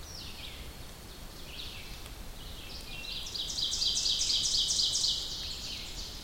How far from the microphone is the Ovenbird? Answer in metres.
about 30 m